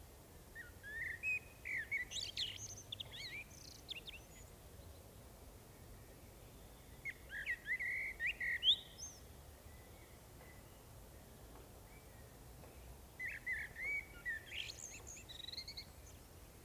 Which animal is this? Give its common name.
Common Blackbird